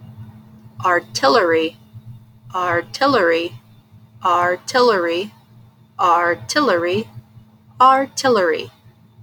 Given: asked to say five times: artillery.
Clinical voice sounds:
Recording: repeated word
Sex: female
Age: 30 to 39 years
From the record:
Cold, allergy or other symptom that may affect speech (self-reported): no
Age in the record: 37 years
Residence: Delaware, United States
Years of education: 12

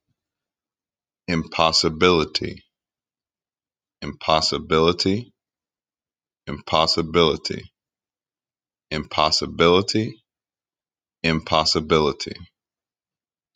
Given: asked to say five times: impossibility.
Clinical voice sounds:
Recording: repeated word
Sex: male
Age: 30 to 39 years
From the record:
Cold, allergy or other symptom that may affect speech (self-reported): no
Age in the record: 39 years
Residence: Pennsylvania, United States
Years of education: 17

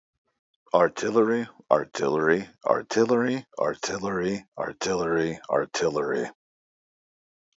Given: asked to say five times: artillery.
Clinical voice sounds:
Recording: repeated word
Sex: male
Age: 40 to 49 years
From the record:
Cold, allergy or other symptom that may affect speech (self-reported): no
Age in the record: 44 years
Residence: Texas, United States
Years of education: 12

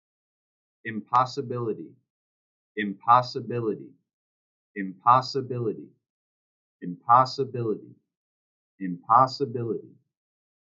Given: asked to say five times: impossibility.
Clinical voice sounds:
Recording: repeated word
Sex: male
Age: 20 to 29 years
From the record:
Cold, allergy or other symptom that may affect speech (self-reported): no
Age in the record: 29 years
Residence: Illinois, United States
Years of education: 20

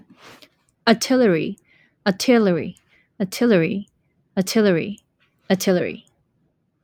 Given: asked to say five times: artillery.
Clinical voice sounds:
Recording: repeated word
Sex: female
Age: 40 to 49 years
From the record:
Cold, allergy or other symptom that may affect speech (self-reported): no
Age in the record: 41 years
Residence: Washington, United States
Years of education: 19

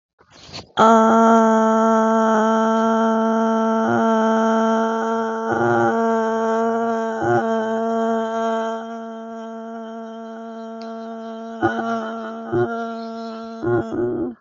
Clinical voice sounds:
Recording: vowel held as long as possible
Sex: female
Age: 20 to 29 years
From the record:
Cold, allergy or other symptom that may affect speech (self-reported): no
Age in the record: 22 years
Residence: Pennsylvania, United States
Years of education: 16

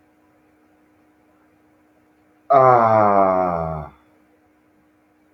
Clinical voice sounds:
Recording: vowel held as long as possible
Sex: male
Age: 40 to 49 years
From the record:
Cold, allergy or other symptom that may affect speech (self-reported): no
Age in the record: 46 years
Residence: Arkansas, United States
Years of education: 13

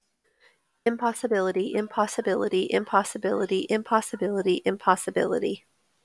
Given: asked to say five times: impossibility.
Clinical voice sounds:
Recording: repeated word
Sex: female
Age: 30 to 39 years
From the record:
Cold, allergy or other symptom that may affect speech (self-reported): no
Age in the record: 39 years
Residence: Georgia, United States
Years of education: 16

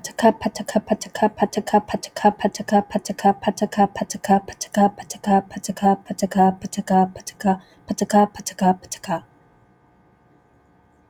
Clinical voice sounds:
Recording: repeated syllables /pa ta ka/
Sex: female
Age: 20 to 29 years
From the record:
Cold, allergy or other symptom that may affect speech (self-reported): no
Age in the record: 22 years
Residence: Illinois, United States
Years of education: 16

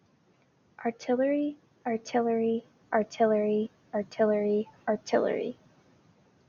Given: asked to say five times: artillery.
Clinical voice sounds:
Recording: repeated word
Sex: female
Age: 20 to 29 years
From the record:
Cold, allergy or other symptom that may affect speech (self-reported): no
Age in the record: 28 years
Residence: Illinois, United States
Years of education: 16

